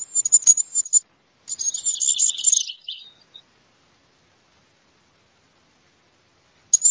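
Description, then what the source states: Goldcrest song: two very high, thin phrases of fast repeated notes, the second ending in a lower, jumbled flourish, then a long silence and the start of another phrase. Song of the male.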